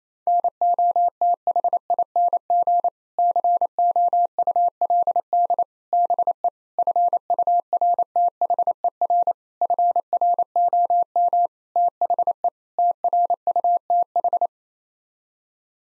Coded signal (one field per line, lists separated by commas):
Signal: Morse code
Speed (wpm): 28 wpm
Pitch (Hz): 700 Hz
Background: none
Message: NOTHING COULD BE FURTHER FROM THE TRUTH